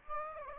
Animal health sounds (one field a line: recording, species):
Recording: mosquito wingbeat signal from an infrared sensor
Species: Aedes aegypti